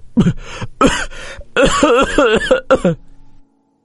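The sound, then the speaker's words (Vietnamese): A man on a ship has a harsh, violent coughing fit: several hacking bursts in quick succession, the later ones longer and more strained and rasping, before breaking off into silence. “đột nhiên ho dữ dội, cơn ho càng ngày càng nghiêm trọng.”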